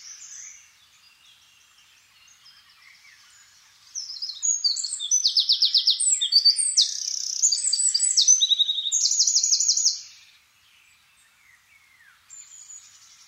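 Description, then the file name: Eurasian wren song: after quiet twitters, an explosive six-second burst of rapid high trills and piercing notes, then faint chatter again. "Troglodytes troglodytes"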